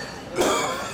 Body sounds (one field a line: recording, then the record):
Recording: coughing mixed with background sound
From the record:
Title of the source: Mid-morning Winter Coughing Fit